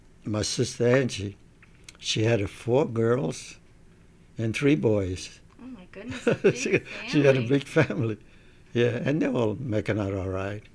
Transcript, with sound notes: my sister Angie, she had four girls and three boys.
Oh my goodness, a big family.
(laughs) She, she had a big family, yeah, and they were all making out alright.